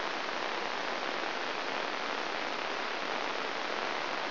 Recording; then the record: brain microelectrode recording played as sound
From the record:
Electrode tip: inside the subthalamic nucleus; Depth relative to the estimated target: 1 mm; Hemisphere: left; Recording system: AlphaMap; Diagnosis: Parkinson's disease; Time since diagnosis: 13 years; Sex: male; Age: 63 years